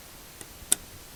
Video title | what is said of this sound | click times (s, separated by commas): Replace Fuel Sender 2008 Hyundai Santa Fe | And you can hear it snap in. | 0.7 s